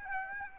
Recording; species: mosquito wingbeat signal from an infrared sensor; Aedes aegypti